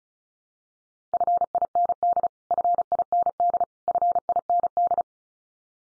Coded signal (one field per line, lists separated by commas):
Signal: Morse code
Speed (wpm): 34 wpm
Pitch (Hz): 700 Hz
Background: none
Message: FIND FIND FIND